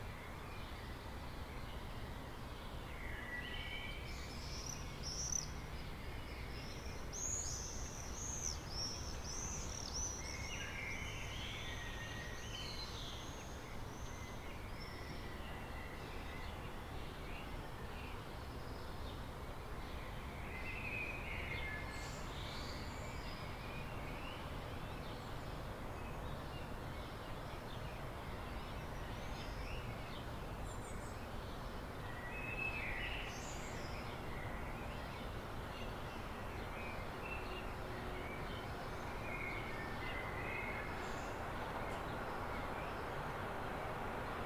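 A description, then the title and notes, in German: A town waking in the early morning: a steady low rumble of traffic fills the background throughout, with a faint rise in the later part. Birds chirp and call intermittently above it, scattered bright notes coming every few seconds. Stadterwachen. Heute hören wir einer Stadt in den Morgenstunden beim Erwachen zu.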